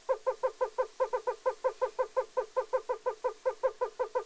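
Yellow-bellied toad calls, soft low hooting notes repeated steadily about three times per second throughout, with no other clear sounds.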